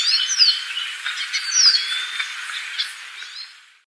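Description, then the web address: Yellow-bellied siskin song, a high twittering run of mixed whistled and slurred notes lasting about three seconds, then fading away. Ecuador. "Natures Songs S America Birds of Ecuador Yellow-bellied Siskin"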